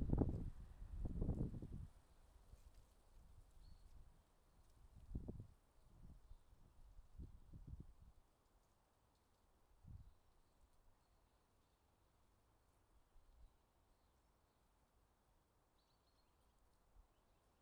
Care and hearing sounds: everyday scene through a hearing-aid microphone; wind on the microphone; wind, traffic, birds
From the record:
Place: suburban garden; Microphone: in the ear canal, left

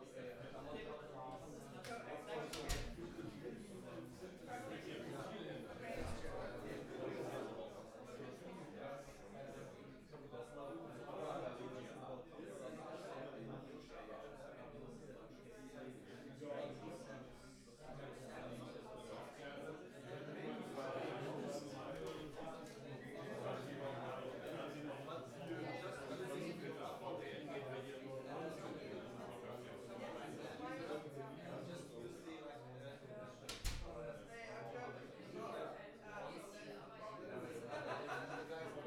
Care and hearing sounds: everyday scene through a hearing-aid microphone; many people talking; many voices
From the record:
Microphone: behind the ear, right, rear

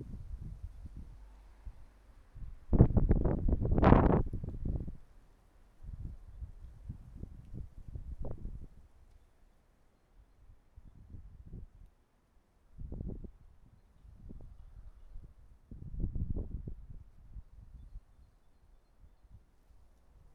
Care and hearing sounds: everyday scene through a hearing-aid microphone; wind on the microphone; wind, traffic, birds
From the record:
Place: suburban garden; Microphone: behind the ear, right, rear

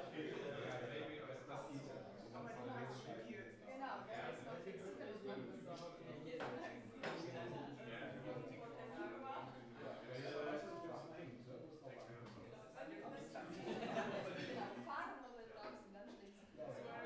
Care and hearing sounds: everyday scene through a hearing-aid microphone; many people talking; many voices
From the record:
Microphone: behind the ear, right, front

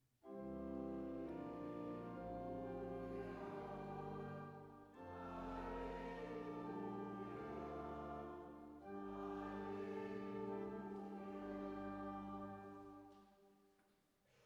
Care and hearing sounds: everyday scene through a hearing-aid microphone; reverberant space; music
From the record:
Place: church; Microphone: behind the ear, right, rear

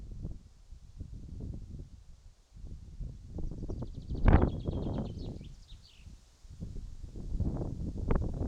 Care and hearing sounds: everyday scene through a hearing-aid microphone; wind on the microphone; wind, birds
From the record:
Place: in front of a rural house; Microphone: in the ear canal, right

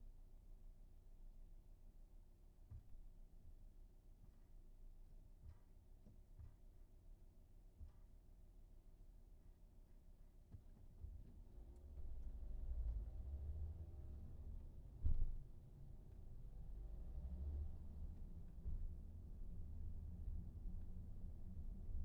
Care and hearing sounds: everyday scene through a hearing-aid microphone; in a vehicle; engine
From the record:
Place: VW T5 Caravelle, diesel engine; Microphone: behind the ear, right, rear

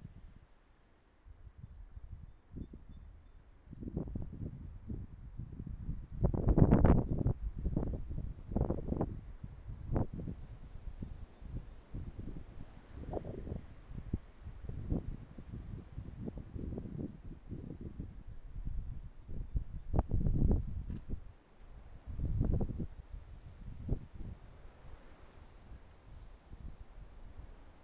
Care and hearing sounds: everyday scene through a hearing-aid microphone; wind on the microphone; wind, traffic, birds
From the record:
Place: suburban garden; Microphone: behind the ear, right, rear

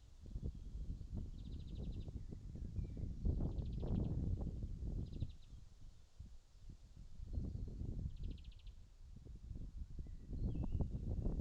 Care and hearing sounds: everyday scene through a hearing-aid microphone; wind on the microphone; wind, birds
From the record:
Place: in front of a rural house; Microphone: in the ear canal, left

